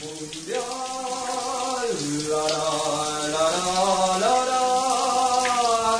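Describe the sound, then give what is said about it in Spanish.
Hot shower water runs in a steady, even hiss for several seconds, with a loud, wavering tonal hum on top whose pitch slides down and back up. “Ay, qué lindo el agua caliente. Qué lindo, che.”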